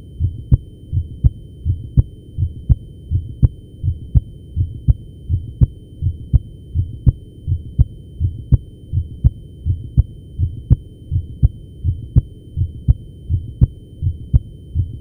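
Regular low-pitched heartbeats at about 82 per minute, each a paired lub-dub with a steady rhythm, over a faint constant hum. These are basic, normal heart sounds heard over the base of the heart in an adult.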